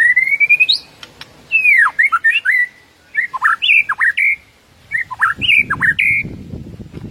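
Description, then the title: White-rumped shama song opening with a long rising whistle, followed by three bursts of looping, varied whistled phrases. Masteran (training) track featuring full 'ngerol' and 'nembak' song styles. "Masteran Murai Batu Full Ngerol Nembak"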